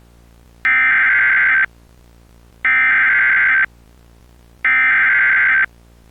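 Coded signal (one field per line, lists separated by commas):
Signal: Emergency Alert System (SAME) tones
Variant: header bursts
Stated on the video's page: Recreation of a flash flood alert.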